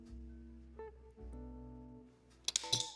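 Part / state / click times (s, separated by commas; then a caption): auto-injector pen pressed against the skin / seated / 2.5 s, 2.7 s. A plastic auto-injector pen, pressed against the skin and unlocked, is triggered over steady background guitar music. Sharp clicks ring out at 2.5 s and 2.7 s: the first as the needle goes in, the second as the dose finishes. The pen fires and completes the injection.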